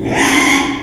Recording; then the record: squeal of a Yucatan mini pig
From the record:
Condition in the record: after surgery on the right vocal fold (resection and tissue-engineered implant); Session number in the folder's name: 3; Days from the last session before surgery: 33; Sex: male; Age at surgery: 12 weeks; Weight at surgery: 13 kg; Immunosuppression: cyclosporine, prednisolone